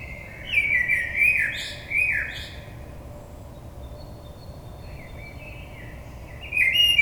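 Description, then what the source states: Common blackbird song: a loud fluted phrase with high twittering notes, a quiet pause, then another phrase begins near the end. Recorded on 22 May 2022.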